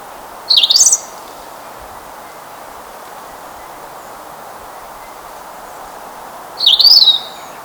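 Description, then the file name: European robin singing two short, high, warbling phrases about six seconds apart, separated by quiet background hiss. "Erithacus rubecula"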